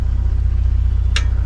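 A DirtCom USA Trail Swing steel swing-out tire carrier on a Gen 3 Tacoma is moved further open until its locking pin drops into the second hinge detent. Over a steady low engine rumble, a sharp metallic click is heard at 1.2 s as the arm seats in the second setting.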